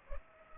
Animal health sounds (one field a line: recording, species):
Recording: mosquito wingbeat signal from an infrared sensor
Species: Culex pipiens